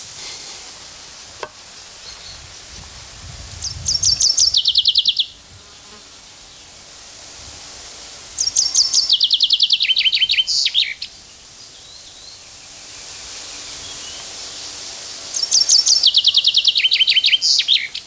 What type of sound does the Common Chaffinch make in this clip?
song